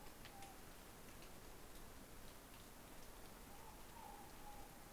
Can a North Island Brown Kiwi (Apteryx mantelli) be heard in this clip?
no